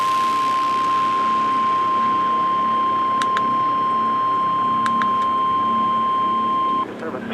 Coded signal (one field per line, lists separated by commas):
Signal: Emergency Alert System (SAME) tones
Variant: 1050 Hz attention tone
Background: speech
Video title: THESE ARE DESTRUCTIVE STORMS... Severe Weather EAS Alerts from 6/26-27/24 (EAS #1,083-1,121)